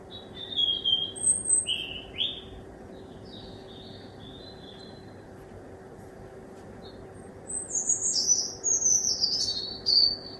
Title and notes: Birdsong Recorded From My Kitchen Window At 1 Am by Speculativism